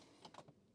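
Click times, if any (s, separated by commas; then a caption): 0.2 s, 0.4 s. The parking brake lever ratchet in a van is set before changing a tire, giving two sharp ratchet clicks at 0.3 s and 0.4 s. The brake is heard engaging and locking, confirming it is set.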